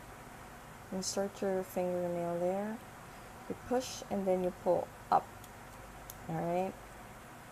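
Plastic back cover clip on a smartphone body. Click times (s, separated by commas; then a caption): 6.1 s. Someone talks while setting a fingernail in the notch of the plastic back cover on a BLU Dash JR K smartphone, pushing and then pulling up on it. A short, sharp click at 6.1 s marks the cover's clips letting go from the phone body, so the back cover is unlocked and released.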